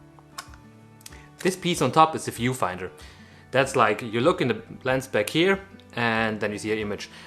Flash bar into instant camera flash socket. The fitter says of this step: we have this flash and you can just put it in there locks into place and you're ready to go